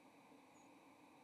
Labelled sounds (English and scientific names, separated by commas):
White-throated Sparrow (Zonotrichia albicollis) flight call